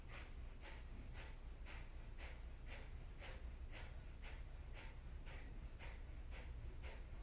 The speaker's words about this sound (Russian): Да, мы дышим дальше, вот 3 минуты прошло уже, скоро 4-я заканчивается. Вот чувствуете, как это легко все стало делаться.